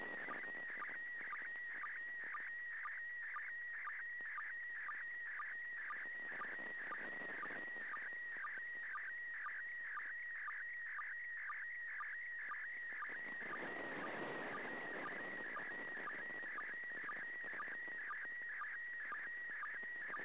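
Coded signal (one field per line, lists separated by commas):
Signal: SSTV (slow-scan television)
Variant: PD120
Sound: warbling tone sliding between pitches, with a short low blip about twice a second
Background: radio static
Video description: Transmissions should be on the standard frequency of 145.800 MHz and in the PD 120 format.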